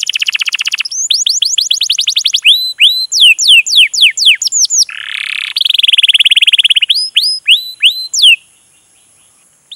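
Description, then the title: Canary song of fast repeated sweeping notes, a harsh buzzy burst, then a rolling trill and downward chirps before going quiet. Long, lively canary song used as a lure to prompt other canaries to sing. "PANCINGAN Kenari GACOR PANJANG. Pancingan Gacor Masteran"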